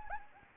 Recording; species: mosquito wingbeat signal from an infrared sensor; Anopheles gambiae